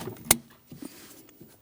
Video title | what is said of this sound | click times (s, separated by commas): How to Replace Brake Light Switch 1999-2006 Chevrolet Silverado 1500 | could hear an audible click. | 0.3 s